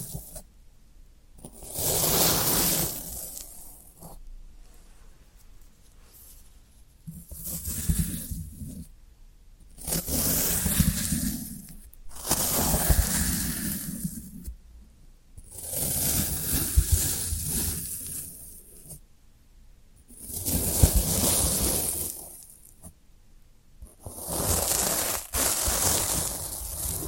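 Floral foam being crushed and scraped in repeated bursts, each lasting two to three seconds with short quiet gaps between, about six passes in all. The sound is a dry, crisp crunching and rustling with a bright hiss on top and a soft thud underneath.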